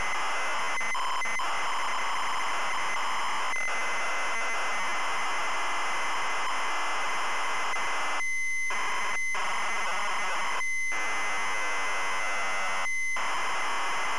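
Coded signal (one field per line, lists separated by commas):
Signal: ZX Spectrum tape loading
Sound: harsh rapid screeching data warble switching between two pitches, with short breaks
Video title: ZX SPECTRUM Loading Cosmic Cruiser 1984 Imagine Software Ltd.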